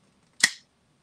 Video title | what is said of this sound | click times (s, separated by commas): Shaking things up a bit for an easy money maker! | again here it is I'm just going to squeeze until it clicks | 0.4 s